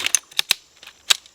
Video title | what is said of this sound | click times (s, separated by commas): NatureHike's New Chair is Game Changing! - Truly Instant Set-up - LY01 | Locks into place. And now you spread this open and the frame | 0.2 s, 0.4 s, 0.5 s, 1.1 s